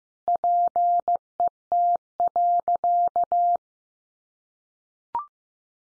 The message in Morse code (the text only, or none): PET.